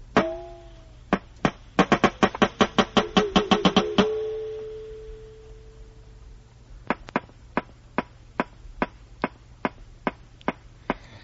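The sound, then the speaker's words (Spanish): Walrus vocalizations: loud, sharp knocks in a fast rhythmic burst with a ringing, bell-like tone, then a pause and a steady series of evenly spaced clicks. No talking. “La morsa, llámala por su nombre, morsa. Morsa. Walrus. Este es el ruidito que hace.”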